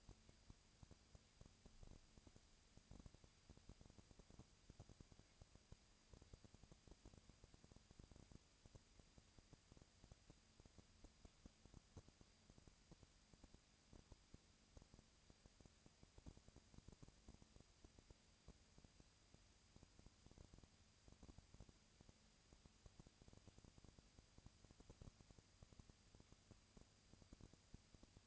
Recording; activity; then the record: daily activity, microphone in the room; no activity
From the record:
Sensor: 2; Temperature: 20.1 degrees Celsius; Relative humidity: 35.5%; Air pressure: 996.9 hPa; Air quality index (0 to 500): 198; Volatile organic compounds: 30 ppm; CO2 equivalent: 2959 ppm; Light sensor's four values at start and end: 2/3/2/2 and 2/3/2/2